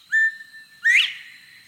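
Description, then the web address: Northern bobwhite whistled call: a flat, clear first note, a brief pause, then a louder second note that slurs sharply upward, given once. "from bobwhite coveys to pairs"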